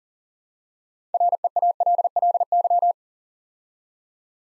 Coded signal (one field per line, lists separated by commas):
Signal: Morse code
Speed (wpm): 42 wpm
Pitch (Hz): 700 Hz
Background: none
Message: REALLY